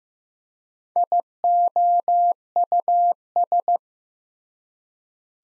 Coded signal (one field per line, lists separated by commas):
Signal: Morse code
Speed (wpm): 15 wpm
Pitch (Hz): 700 Hz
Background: none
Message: IOUS